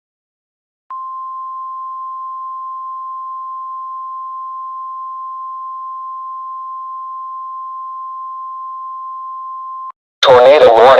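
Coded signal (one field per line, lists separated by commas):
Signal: Emergency Alert System (SAME) tones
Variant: 1050 Hz attention tone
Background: speech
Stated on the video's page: Fictional EAS scenario about tornadoes, made with valid tones.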